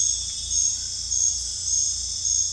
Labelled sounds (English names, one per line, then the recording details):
none
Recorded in dense forest near Puerto Asís, Putumayo, Colombia, on 18 December 2024 at 21:30
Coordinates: 0.486, -76.317
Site G003